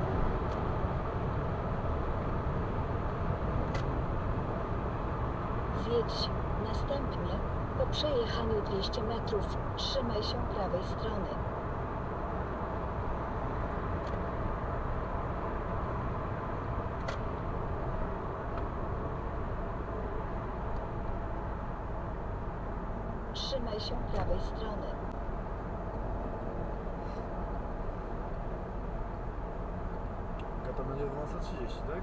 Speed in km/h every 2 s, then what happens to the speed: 126, 125, 122, 119, 115, 111, 109, 109, 108, 103, 94, 86, 83, 81, 78, 75.
0-32 slows to 75.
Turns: none.